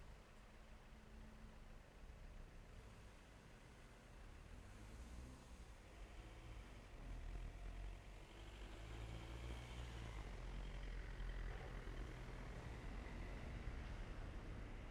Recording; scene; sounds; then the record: everyday scene through a hearing-aid microphone; in traffic; traffic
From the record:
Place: main road on the outskirts, rush hour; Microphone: behind the ear, left, rear